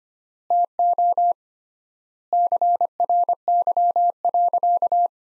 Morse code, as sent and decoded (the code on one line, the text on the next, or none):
- --- / -.-. .-. -.-- .-.-.-
TO CRY.